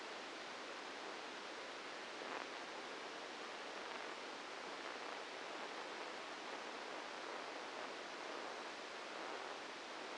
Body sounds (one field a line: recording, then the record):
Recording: brain microelectrode recording played as sound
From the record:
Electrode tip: inside the subthalamic nucleus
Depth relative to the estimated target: 0 mm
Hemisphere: left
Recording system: NeuroSet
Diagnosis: Parkinson's disease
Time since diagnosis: 8 years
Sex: male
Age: 59 years